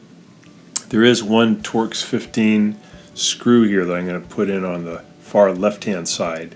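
The plastic control panel of a Kenmore front-load washer, reassembled during a door boot replacement, is hooked in at the bottom and pushed in at the top until its clips snap into the top frame with a sharp, loud click at 0.8 s. Someone then talks over a quiet room tone. The panel is seated in place.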